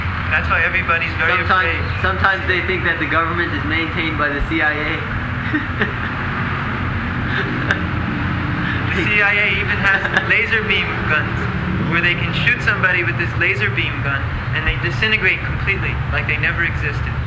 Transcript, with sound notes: That's why everybody is very afraid.
Sometimes they think that the government is maintained by the CIA. [laughing]
The CIA even has laser beam guns where they can shoot somebody with this laser beam gun and they disintegrate completely, like they never existed.